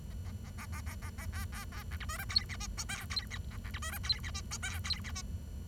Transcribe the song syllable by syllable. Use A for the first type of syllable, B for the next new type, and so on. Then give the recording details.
A A A A A A A A B B B C D E F G H I J K G H A C D E F G H I J K G H I. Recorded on 23 June 2012 at 09:36. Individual gr41rd51